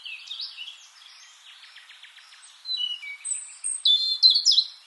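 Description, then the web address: European robin song, soft quiet twittering at first, then loud high whistled notes and sharp rising and falling phrases toward the end. "SETE Erithacus rubecula"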